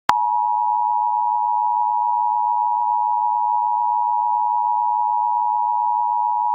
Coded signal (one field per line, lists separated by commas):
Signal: Emergency Alert System (SAME) tones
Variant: 853 and 960 Hz attention tone